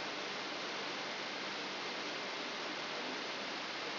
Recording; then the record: brain microelectrode recording played as sound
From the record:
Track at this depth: inside the subthalamic nucleus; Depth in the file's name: 4.102 mm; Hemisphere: left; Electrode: 3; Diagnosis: Parkinson's disease